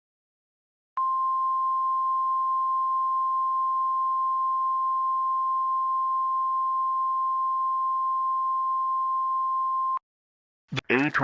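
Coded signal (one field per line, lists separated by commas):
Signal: Emergency Alert System (SAME) tones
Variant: 1050 Hz attention tone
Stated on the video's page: Fictional EAS scenario about tornadoes, made with valid tones.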